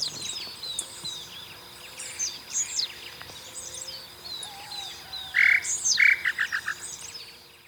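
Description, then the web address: Tataupa Tinamou calling: two strong notes near the end, then a rapid accelerating series of short notes. Other high calls fill the background. Recorded in Ecuador. "Birds of Ecuador. Tataupa Tinamou"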